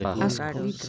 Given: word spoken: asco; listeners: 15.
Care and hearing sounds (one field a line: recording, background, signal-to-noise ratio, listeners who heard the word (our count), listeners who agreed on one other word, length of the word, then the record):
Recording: one Spanish word in noise, from a listening test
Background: four-talker babble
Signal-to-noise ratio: -1.6 dB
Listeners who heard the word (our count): 5 of 15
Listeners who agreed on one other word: 6 of 15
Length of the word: 0.49 s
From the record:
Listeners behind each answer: 6, 5, 1, 1, 1, 1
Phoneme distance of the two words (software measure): 7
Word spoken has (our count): 2 syllables, 4 phonemes, stress on syllable 1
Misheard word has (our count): 2 syllables, 5 phonemes, stress on syllable 1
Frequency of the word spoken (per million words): 10.29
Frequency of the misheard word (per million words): 0.85